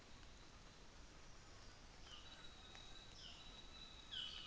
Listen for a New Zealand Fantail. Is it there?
no